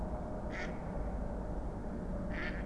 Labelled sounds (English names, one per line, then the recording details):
Mallard
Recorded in Germany
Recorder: ecoPi